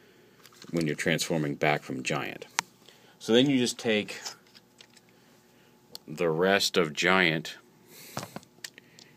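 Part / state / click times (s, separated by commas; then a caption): leg into the hip connector of a combiner toy / seated / 8.6 s. Someone talks while handling a plastic combiner toy, with small plastic clicks and taps between the speech. A leg is pegged onto the tabs of the toy body and into the hip connector, and it locks into place with a sharp click at 8.7 s.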